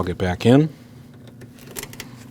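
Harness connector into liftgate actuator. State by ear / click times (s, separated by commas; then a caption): seated / 2.0 s. Someone talks briefly, then a plastic electrical harness connector is pushed into the socket of a power liftgate actuator on a 2014–2023 Jeep Cherokee, with a few faint handling ticks along the way. The connector clicks in and seats at 2.0 s.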